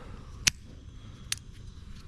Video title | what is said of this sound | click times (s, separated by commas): MOT Time For The Rusty Rascal - Off The Road For 16 YEARS! Can I get It To PASS?! | it like locks into place there | 0.5 s, 1.3 s